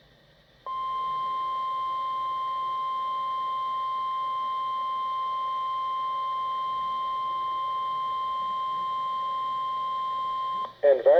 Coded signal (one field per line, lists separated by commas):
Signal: Emergency Alert System (SAME) tones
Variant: 1050 Hz attention tone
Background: speech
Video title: XLF322 Monthly Test Sequence with Severe Thunderstorm Warning 2021-09-01 (EAS #64-66)